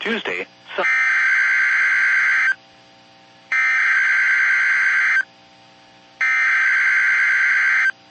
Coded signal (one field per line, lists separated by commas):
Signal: Emergency Alert System (SAME) tones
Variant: header bursts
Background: speech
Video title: DEEP SOUTH MAYHEM | EAS Alerts from June 14th, 2023 (EAS #2595-2630)